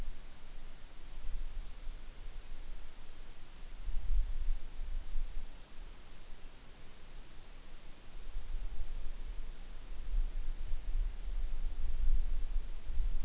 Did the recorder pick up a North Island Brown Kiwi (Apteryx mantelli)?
no